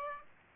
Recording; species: mosquito wingbeat signal from an infrared sensor; Aedes aegypti